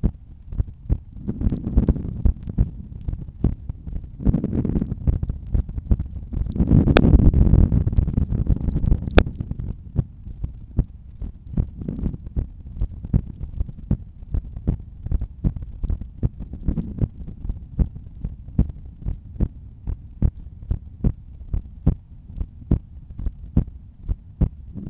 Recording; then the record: heart sounds by stethoscope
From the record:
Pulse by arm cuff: 74 bpm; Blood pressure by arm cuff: 141/92 mmHg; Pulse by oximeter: 72 bpm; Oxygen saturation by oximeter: 97%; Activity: during smoking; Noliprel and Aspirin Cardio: after pills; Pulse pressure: 49 mmHg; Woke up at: 6:55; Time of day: 22:45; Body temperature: 36.9 C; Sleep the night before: 7 h 39 min, score 71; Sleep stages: REM 24%, light 64%, deep 5%, awake 7%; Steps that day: 12000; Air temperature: 19.3 C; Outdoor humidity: 82%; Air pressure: 1008 hPa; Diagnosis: hypertension, treated with Noliprel and Aspirin Cardio 100 mg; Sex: male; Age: 53 years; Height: 174 cm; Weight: 81 kg